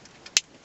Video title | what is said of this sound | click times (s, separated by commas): Installing Auxiliary input on a 2007 Hummer H3 Part 2 | there you go make sure you hear that click make sure you connected correctly | 0.4 s